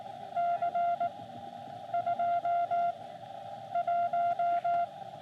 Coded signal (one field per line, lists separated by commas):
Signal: Morse code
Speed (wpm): 17 wpm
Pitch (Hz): 690 Hz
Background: none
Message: C21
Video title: SOTA with Cat on Sandstone Peak | Morse Code with Cat (Beginner)